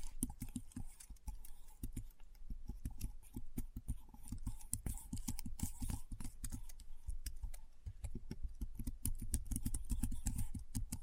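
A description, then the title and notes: Keyboard keys are typed in a fast, steady stream of short clicks and taps, each with a dull low thud and a sharp bright snap. The rhythm stays busy throughout with only brief pauses, and a faint constant hum sits underneath. ASMR Keyboard Sounds (No Talking).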